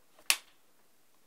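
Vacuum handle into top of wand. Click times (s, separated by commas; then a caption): 0.3 s. A vacuum handle is pushed into the top of the wand. A sharp, loud click at 0.3 s shows it seating into place, followed by a brief fading tail and quiet.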